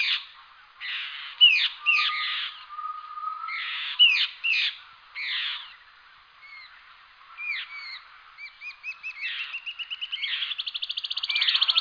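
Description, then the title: Bird song of harsh squawky notes and slurred whistles, then a rapid buzzy trill that grows louder toward the end. "LuckyPassaro Completos2Sama"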